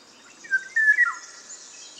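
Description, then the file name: Eurasian golden oriole singing one brief, mellow, yodelling whistle that rises and then drops, over soft background hiss. "Sommargylling"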